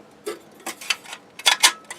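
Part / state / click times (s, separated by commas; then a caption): metal attachment on camp stove body / seated / 0.9 s, 1.5 s. A metal attachment on a camp stove body is rotated over the stove studs until it twist-locks into place. A series of short metallic ticks and scrapes is heard, with two sharp metallic clicks at 0.9 s and 1.5 s. The attachment is seated.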